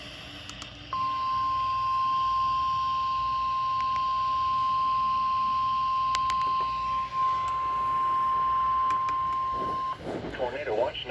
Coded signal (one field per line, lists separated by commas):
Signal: Emergency Alert System (SAME) tones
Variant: 1050 Hz attention tone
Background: speech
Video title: Tornado Watch #293 expansion on WXK45 (EAS #1150)